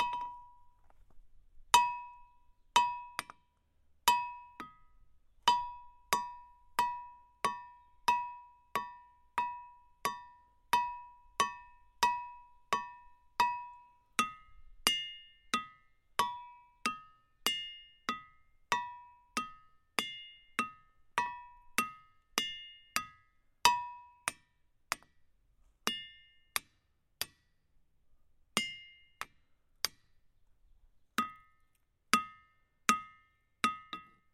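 A hammer strikes rocks in a steady rhythm about once a second, each hit a sharp clink, many ringing with bell-like tones that shift in pitch.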